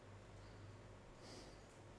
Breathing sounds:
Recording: one breath in and out by a microphone near the nose and mouth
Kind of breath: normal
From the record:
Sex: male

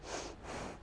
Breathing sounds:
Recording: one breath in and out by a microphone near the nose and mouth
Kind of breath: strong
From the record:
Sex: female

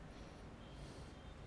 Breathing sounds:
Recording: one breath in and out by a microphone near the nose and mouth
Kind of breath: normal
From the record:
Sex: male

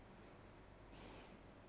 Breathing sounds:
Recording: one breath in and out by a microphone near the nose and mouth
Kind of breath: normal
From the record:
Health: marked as sick, illness not named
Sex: female

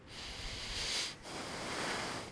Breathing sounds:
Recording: one breath in and out by a microphone near the nose and mouth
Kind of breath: deep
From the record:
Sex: male

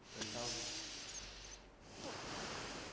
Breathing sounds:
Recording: one breath in and out by a microphone near the nose and mouth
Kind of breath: deep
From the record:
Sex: female

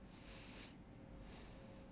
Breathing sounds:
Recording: one breath in and out by a microphone near the nose and mouth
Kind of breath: deep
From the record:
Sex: male

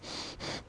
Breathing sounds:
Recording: one breath in and out by a microphone near the nose and mouth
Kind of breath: strong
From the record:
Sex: male

